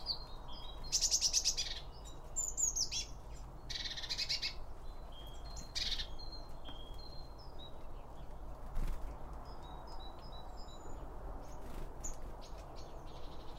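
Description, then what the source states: Birds calling: several short buzzy bursts early, then scattered thin whistled notes and chirps throughout, with a steady low background rumble. Birds recorded around a bird feeder, using two OM 1 microphones from Line Audio.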